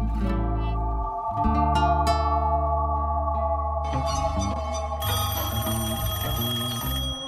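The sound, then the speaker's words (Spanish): A telephone rings with a bright, electronic warble, layered over sustained tonal music that thickens midway and grows brighter and busier toward the end, opening the red-telephone segment on Radio La Negra 90.1 at 11 a.m. No one speaks. “Radio suena el teléfono rojo.”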